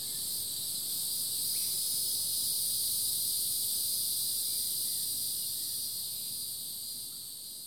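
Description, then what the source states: Insect chorus forming a continuous shrill buzz high in pitch, even and unbroken, slowly fading in the last seconds. Summer chorus.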